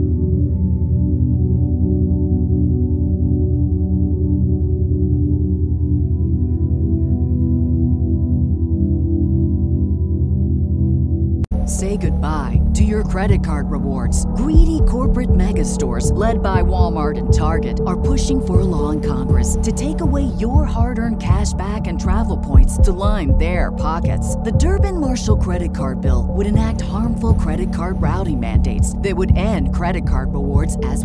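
Binaural beats start as a steady, dense drone of low layered tones for about the first eleven seconds. Then the sound abruptly opens up: a talking voice and bright, busy clicks and rustles come in, with the low hum continuing underneath at an even level.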